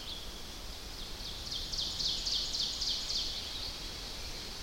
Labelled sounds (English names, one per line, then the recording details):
Ovenbird song
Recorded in boreal forest in Alberta, Canada, on 10 June 2016 at 08:56
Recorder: SongMeter 3, array SBT-3-39
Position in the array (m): 212 m, 176 m
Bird 17